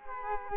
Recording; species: mosquito wingbeat signal from an infrared sensor; Culex quinquefasciatus